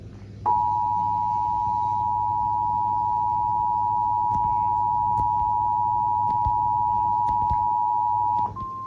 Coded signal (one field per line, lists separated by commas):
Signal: Emergency Alert System (SAME) tones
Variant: 853 and 960 Hz attention tone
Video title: EAS Alerts from April 29 to May 3, 2025 [EAS #1,946-1,968]